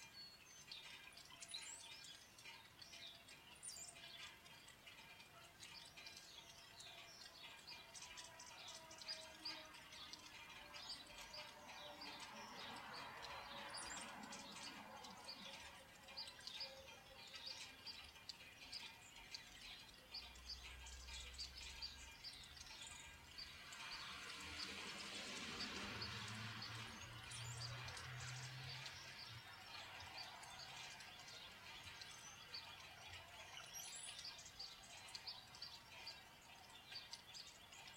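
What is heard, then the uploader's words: Birds chirp and tweet over a steady, dense patter of rain that fills the whole recording. Around the middle, near 25 seconds, a louder rushing swell passes, with a low rumble beneath it, then eases back into the constant drizzle and calls. Birds and Rain, sounds of Nature.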